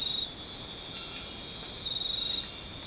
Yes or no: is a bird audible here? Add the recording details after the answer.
no. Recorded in dense forest near Puerto Asís, Putumayo, Colombia, on 24 March 2025 at 22:30. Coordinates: 0.500, -76.322. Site GP06